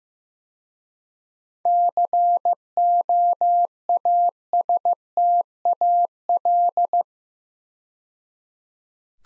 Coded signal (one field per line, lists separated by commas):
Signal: Morse code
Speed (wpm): 15 wpm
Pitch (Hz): 700 Hz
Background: none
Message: COASTAL